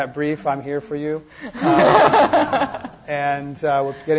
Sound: laughter

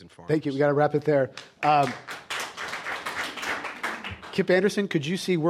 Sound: applause

